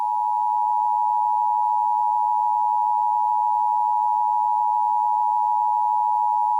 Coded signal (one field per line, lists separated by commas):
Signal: Emergency Alert System (SAME) tones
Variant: 853 and 960 Hz attention tone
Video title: EAS #249- Georgia RMT on WNGC